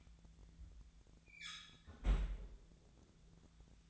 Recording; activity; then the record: daily activity, microphone in the room; close fridge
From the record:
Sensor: 3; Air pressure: 1009.6 hPa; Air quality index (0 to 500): 193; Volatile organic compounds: 15 ppm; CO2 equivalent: 2511 ppm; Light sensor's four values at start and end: 37/93/40/43 and 37/93/40/42